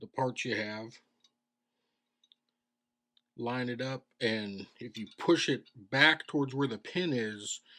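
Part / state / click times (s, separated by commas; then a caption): trigger group parts into AR lower receiver / not seated / none. Internal trigger group parts are dropped into a metal AR lower receiver and lined up with the pin hole. Someone talks at the start and end, and a few light clicks of the parts being handled come through the quiet gap at about 1.3, 2.2, 2.3 and 3.2 seconds. Nothing has seated or clicked into place yet.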